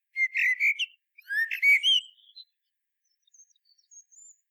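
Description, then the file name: Common blackbird song phrase: clear fluty warbled whistles followed by very faint thin high notes trailing away. "Turdus merula"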